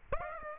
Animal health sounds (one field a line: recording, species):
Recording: mosquito wingbeat signal from an infrared sensor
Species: Aedes aegypti